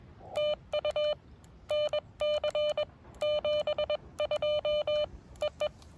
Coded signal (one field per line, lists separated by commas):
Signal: Morse code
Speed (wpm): 21 wpm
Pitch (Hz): 600 Hz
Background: none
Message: TU NC 72 EE